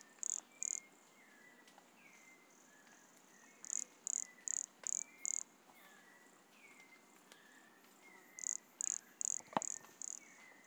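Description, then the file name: Pumpkin toadlet giving high, buzzy pulsed notes in bursts of two, then five, then five, with soft sliding whistles in the background. Recorded at Monte Crista, Brazil, in November 2016, 100 cm from the microphone. "Brachycephalus sulfuratus Monte Crista 100 cm from microphone Luiz Fernando Ribeiro NOV-2016"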